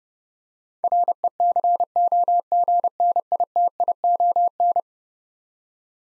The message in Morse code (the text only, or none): RECOGNITION